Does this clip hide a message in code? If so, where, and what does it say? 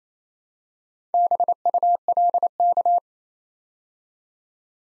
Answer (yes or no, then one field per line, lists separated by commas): yes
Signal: Morse code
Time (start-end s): 1.1-3.0 s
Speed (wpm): 29 wpm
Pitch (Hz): 700 Hz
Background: none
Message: BULK